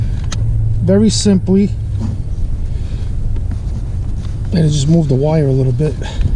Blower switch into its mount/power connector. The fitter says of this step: switch itself, and it just snaps right in